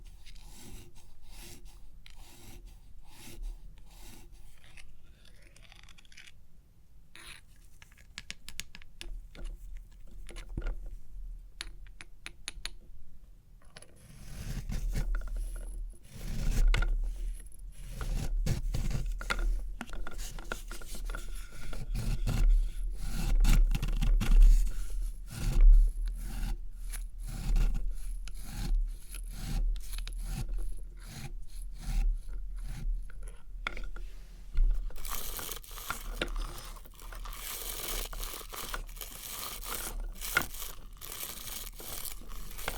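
Experimental triggers made with test tubes: quiet, sparse tapping and rubbing for the first fourteen seconds, then dense rhythmic scraping and rasping with strong low thumps in quick repeated strokes. Near the end, after about 35 seconds, a brighter hissing rub takes over.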